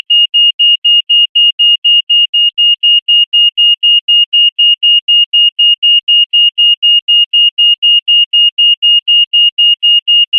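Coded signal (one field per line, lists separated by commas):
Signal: beep code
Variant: pelican crossing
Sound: fast steady high-pitched beeping, about four short beeps per second, throughout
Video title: Traffic Light Pelican Crossing Beeping Sound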